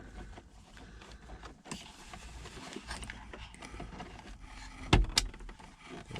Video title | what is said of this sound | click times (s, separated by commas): 99' Range Rover 4.0 SE How to Fix HEVAC Screen Ep. 10 | you go they should snap into place um and then | 4.9 s